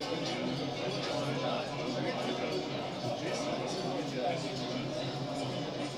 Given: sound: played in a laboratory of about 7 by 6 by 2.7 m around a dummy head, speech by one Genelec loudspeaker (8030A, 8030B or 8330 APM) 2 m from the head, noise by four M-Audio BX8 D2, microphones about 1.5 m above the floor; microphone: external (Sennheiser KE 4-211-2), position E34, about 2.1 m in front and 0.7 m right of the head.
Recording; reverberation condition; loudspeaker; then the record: cafeteria noise; low; four, about 170 cm from the corners of the room and facing them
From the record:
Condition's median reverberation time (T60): about 310 ms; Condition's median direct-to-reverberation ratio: about 3.5 dB